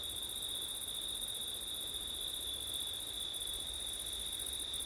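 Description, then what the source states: Steady chorus of crickets trilling at a high pitch, the upper tone briefly interrupted twice, with a faint rumble of wind below. September night, with wind.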